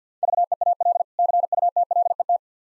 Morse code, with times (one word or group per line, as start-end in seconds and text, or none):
0.2-1.0 VEAL
1.2-2.4 CUTLET